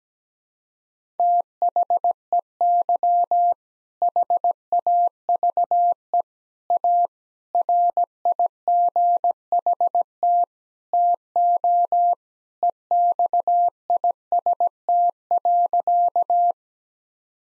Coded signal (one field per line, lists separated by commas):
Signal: Morse code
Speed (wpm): 17 wpm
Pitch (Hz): 700 Hz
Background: none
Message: THEY HAVE A RIGHT TO EXIST.